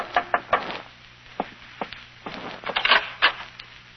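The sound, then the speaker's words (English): Knocking on a wooden hotel room door in a radio drama: a series of sharp, hollow raps in loose, uneven clusters, fairly loud against a faint steady hum, with no voices. “I was in my hotel room packing when a knock on the door changed my mind again.”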